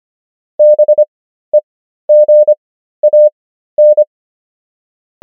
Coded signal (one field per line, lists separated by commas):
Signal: Morse code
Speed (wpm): 25 wpm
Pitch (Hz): 600 Hz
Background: none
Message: BEGAN